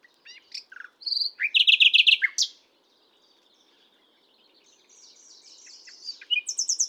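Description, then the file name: Common nightingale singing: a few sharp chips, then a loud fast rattle of repeated notes, a pause, and another quick high phrase at the end. "Luscinia megarhynchos"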